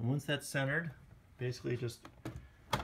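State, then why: Seated. Someone talks while the plastic lid of a TiVo Roamio DVR, its plastic tab centered under the metal tab, is rotated down onto the metal chassis during a fan installation. A sharp snap is heard at 2.7 s as the lid's corner snaps engage and the lid seats in place.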